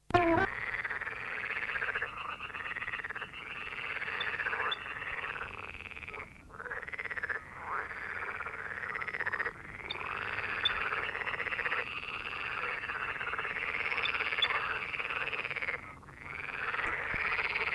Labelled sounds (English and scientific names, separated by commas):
Little Grebe (Tachybaptus ruficollis) call